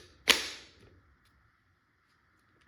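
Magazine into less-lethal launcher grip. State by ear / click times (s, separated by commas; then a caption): seated / 0.3 s. A magazine is pushed into the grip of a Tippmann TMC/Byrna Mission 4 less-lethal launcher and seats with one loud, sharp click at 0.3 s. The click rings briefly and fades by about 1 s. A faint tick follows near 2.7 s over a quiet steady hum.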